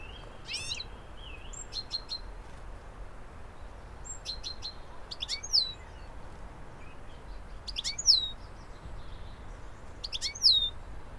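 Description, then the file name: European goldfinch giving high twittering and slurred call notes at irregular intervals, some clustered, some spaced a few seconds apart, with low background rumble. "Carduelis carduelis"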